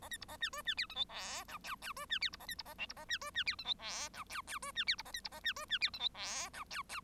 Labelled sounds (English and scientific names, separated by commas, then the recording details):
Bengalese Finch (Lonchura striata domestica) song
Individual Bird1